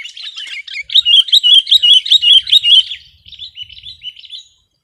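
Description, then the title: Sooty-headed bulbul song as a fast run of bright chirped notes for two seconds, trailing off into softer, quieter twitters. "kutilang"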